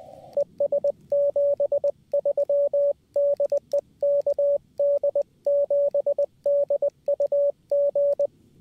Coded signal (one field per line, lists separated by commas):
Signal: Morse code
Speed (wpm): 20 wpm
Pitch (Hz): 570 Hz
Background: radio noise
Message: ES 73 DE KD7DUG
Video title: Summits On The Air QRP CW Dipole Action Atop Iron Mountain